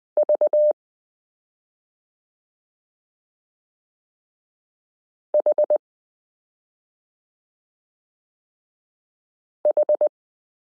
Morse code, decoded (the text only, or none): V H H